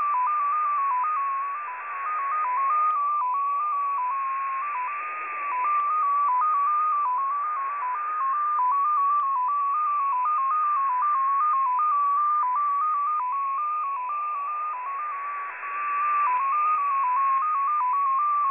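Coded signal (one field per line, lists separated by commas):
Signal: multi-tone FSK (Olivia or MFSK type)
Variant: XPA2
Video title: XPA2 Data Mode 21/06/2023 0930 UTC 15812kHz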